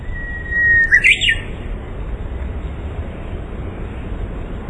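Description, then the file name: Japanese bush warbler song: a long, level whistled note followed by a quick, clear flourish, over a steady low rumble of background noise. "uguisu"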